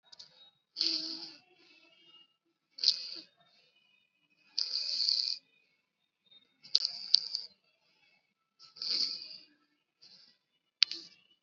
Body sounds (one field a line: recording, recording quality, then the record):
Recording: shallow breathing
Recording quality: excellent, no background noise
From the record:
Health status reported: COVID-19 positive, mild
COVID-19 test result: positive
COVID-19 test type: RT-PCR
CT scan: not taken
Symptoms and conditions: cough, fever, muscle pain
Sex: female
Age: 25 years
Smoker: no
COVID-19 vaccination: one dose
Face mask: worn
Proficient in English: yes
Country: India